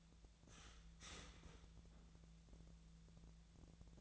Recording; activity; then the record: daily activity, microphone in the room; start toaster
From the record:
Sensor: 3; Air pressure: 1000.2 hPa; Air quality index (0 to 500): 153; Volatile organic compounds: 3 ppm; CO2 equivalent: 1352 ppm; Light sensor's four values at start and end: 37/95/40/43 and 37/95/40/43